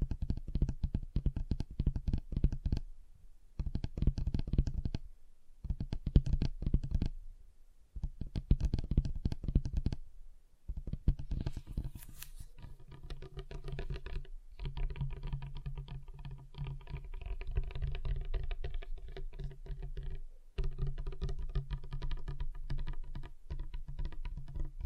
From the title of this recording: Table Tapping Different Surfaces